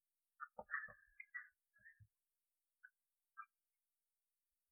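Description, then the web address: Red-eyed tree frog calls: short clucking chucks, clustered early then spaced singly, with low thumps beneath the first few. "phyllomedusidae Agalychnis-callidryas"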